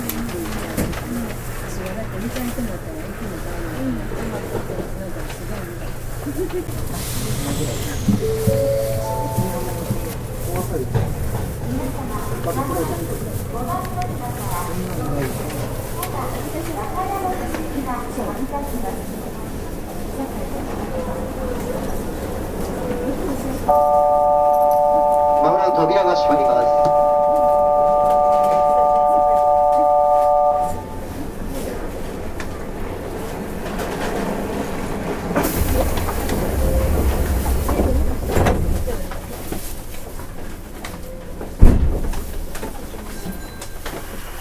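Running noise inside a commuter train: a steady low rumble throughout, with people talking during the first twenty seconds. From about 24 to 31 seconds a sustained multi-note tone sounds, then the rumble swells with deeper surges and a sharp knock near the end.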